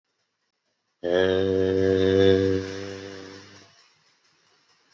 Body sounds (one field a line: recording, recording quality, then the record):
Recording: sustained vowel as in made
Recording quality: excellent, no background noise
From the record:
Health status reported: COVID-19 positive, mild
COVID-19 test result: positive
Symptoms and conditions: cough, cold, fever, hypertension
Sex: male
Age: 42 years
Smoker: not ticked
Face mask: not worn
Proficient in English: yes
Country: India